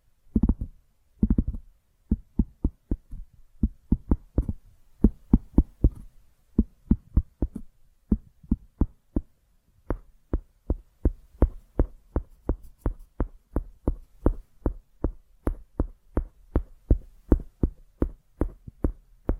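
Tapping runs through the whole clip as a steady stream of short, sharp, dull knocks, about two or three per second, with a few quicker pairs early on. Each tap is low and thumping with a brief bright click on top, over near silence.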